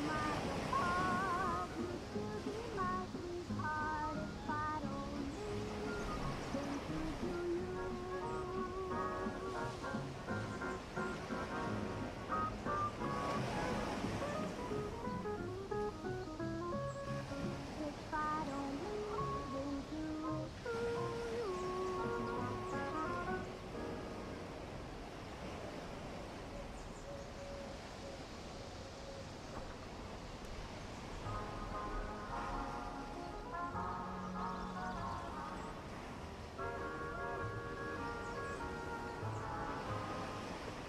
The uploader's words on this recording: Ocean waves w/ birds, seagulls. Oldies playing on a beach.